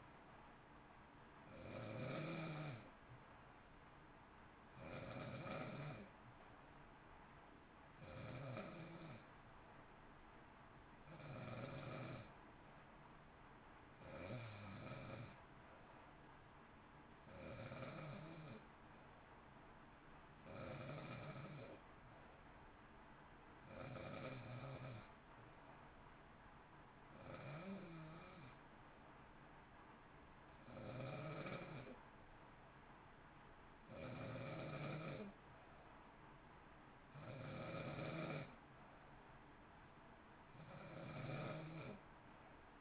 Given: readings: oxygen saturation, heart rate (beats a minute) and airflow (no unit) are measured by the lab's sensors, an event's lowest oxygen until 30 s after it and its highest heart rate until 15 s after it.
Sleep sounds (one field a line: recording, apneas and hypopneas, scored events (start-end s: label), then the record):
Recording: breathing in sleep by a voice recorder at the bedside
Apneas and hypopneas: none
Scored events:
none scored
From the record:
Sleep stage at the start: N2 (light sleep)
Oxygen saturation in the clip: 91 to 92%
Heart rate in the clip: 55 to 58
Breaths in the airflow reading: 18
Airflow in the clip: -0.6 to 0.6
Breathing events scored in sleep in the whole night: 328 in 6.3 hours asleep